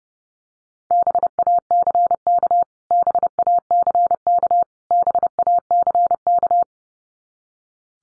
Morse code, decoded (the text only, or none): BACK BACK BACK